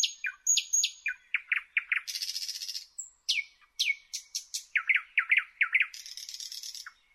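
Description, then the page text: Thrush nightingale song, a dense run of bouncing repeated notes, a long grating buzz, thin piping whistles and a fast rattling series before a closing buzz. "Jelmer Poelstra - Обыкновенный соловей (Luscinia luscinia)"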